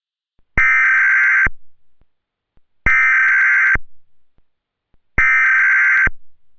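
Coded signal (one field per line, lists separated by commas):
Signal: Emergency Alert System (SAME) tones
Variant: header bursts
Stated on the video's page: Fictional EAS scenario for entertainment, not a real broadcast; may contain valid EAS tones.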